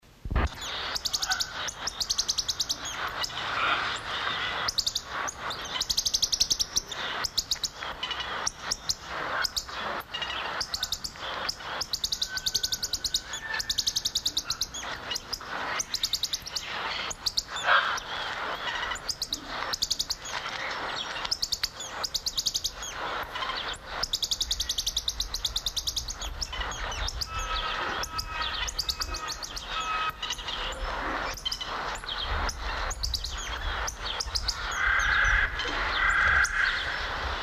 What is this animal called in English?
Red-chested Mustached Tamarin